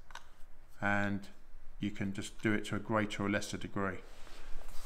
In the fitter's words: just put that down you just depress that spring-loaded button and then that snaps into place